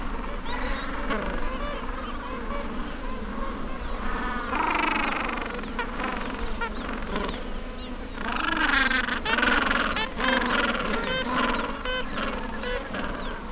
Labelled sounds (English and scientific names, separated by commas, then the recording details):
Gentoo Penguin (Pygoscelis papua)
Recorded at the colony at Sea Lion Island, on 19 December 2014
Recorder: Song Meter SM2+